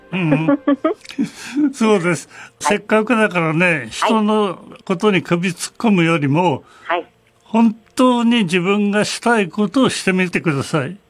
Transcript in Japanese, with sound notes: う、ん
ウッフッフッフ （苦笑）
（含み笑い） そうです。
はい
せっかくだからねえ、
はい
人の、ことに首突っ込むよりも、
はい
本、当、に、自分がしたいことをしてみてください。